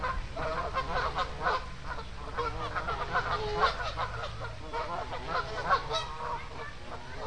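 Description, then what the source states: Goose flock calling, overlapping nasal honks and chattering notes from several birds, steady and busy across the whole stretch. Several geese by a pond.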